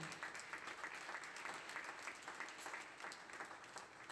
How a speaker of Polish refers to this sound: Bo Bóg jest zawsze wierny. Czy możemy oddać Bogu klaskę?